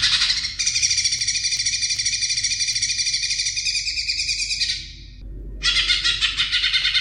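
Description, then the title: Oriental magpie-robin song: a long, rapid, rattling buzzy trill held for over four seconds, a brief gap, then more harsh rasping notes. "Kicau Kacer Durasi Panjang 1jam Lebih"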